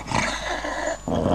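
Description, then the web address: Dog giving a harsh roaring growl, continuous and rough, dipping briefly before resuming more strongly. "Hund"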